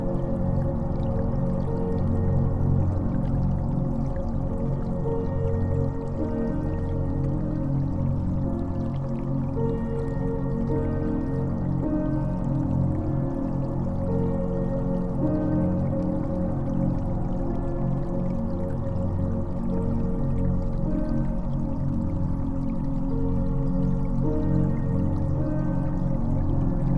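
Gently flowing water blends with deep, slow music built from low, sustained tones layered up into the middle range. The level stays even for the whole stretch, with no sharp events, and a soft watery trickle and hiss sits quietly above the music.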